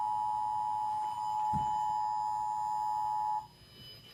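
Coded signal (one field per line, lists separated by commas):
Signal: Emergency Alert System (SAME) tones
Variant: 853 and 960 Hz attention tone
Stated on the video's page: Monthly EAS test on cable broadcast.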